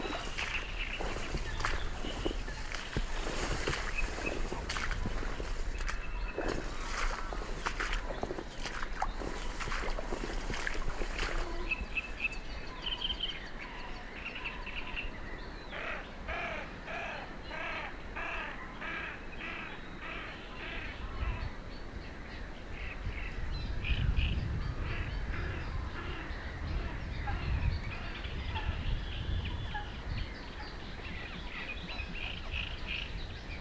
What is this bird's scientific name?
Cuculus canorus